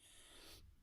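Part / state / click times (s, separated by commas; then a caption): small plastic head piece into the action figure's body socket / not seated / none. The small plastic Headmaster "brain" piece is pushed toward its socket in the body of a plastic Transformers Titans Return Chromedome action figure. A steady, hissy, broadband rustle of handling drops away at about 0.6 s, leaving a faint low rumble. Nothing has seated or clicked yet.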